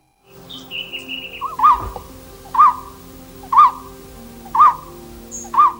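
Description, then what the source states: Golden-throated Barbet calling, a loud hooted note repeated about once a second, with a thin whistle early on and faint background hum. Calls loudly from treetops; found only on high mountains, so fairly easy to see here at Doi Inthanon, Thailand.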